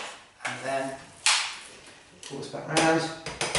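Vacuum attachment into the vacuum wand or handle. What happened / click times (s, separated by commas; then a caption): The plastic attachment clicked into place / 3.4 s. A plastic attachment is pushed onto the wand or handle of a Shark DuoClean NV801UKT vacuum cleaner with Lift-Away while someone talks. It clicks into place at 3.4 s, seating easily.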